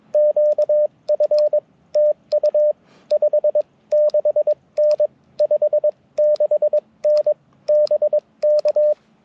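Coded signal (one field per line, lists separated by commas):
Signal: Morse code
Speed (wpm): 22 wpm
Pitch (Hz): 600 Hz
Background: radio noise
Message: QF TU 56N 56N BK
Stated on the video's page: QRP CW Parks on the Air activation using an Icom IC-705 with a Gabil GRA-7350T antenna and BaMaKeY TP-III paddles.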